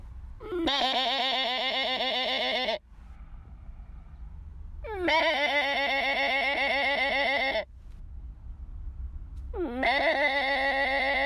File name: Goat